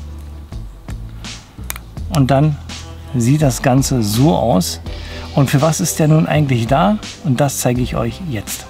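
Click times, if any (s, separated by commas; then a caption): 1.7 s. A tactical grip ring is slid over the body of an Umarex Walther TGS 60r flashlight with a few soft scraping handling sounds until it snaps into place with a sharp, loud click at 1.7 s. Someone then talks.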